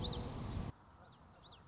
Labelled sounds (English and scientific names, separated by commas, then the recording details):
Common Yellowthroat (Geothlypis trichas)
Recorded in Sonoma County, California